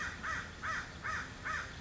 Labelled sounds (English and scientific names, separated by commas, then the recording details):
American Crow (Corvus brachyrhynchos)
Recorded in Sonoma County, California